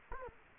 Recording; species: mosquito wingbeat signal from an infrared sensor; Culex quinquefasciatus